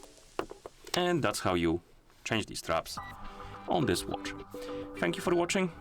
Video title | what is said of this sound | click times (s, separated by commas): OPPO Watch X2 Mini – How to Change Straps | like that, pull on the lever, align it, release it, and it will click in. | 0.4 s